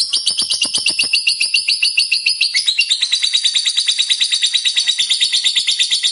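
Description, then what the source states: Lovebird song: rapid, steady, high chattering notes pulsing many times a second, slightly shifting pitch midway, with no other sounds. Lovebird described as a 'fighter' and 'gacor'.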